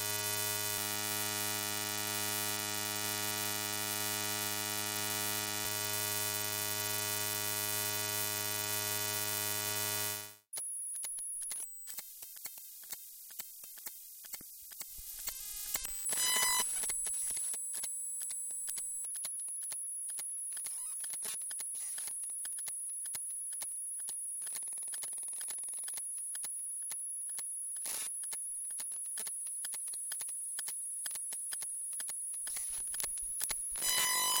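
Electromagnetic field recording of a washing machine programmer: a loud, steady buzzing hum with many stacked tones fills the first ten seconds, then cuts out abruptly. What follows is quieter, crackly ticking and clicking with a thin high whine running through to the end.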